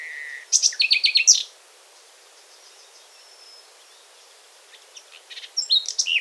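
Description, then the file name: Common nightingale song opening with a steady whistle, then a rapid chattering trill, a quiet gap, and softer chirps building into a louder closing phrase. "Luscinia megarhynchos"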